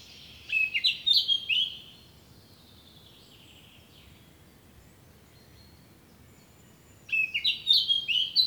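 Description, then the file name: Eurasian blackcap song in two bursts about six seconds apart, each a rapid series of clear, fluting whistles with quieter warbling between. "Sylvia atricapilla"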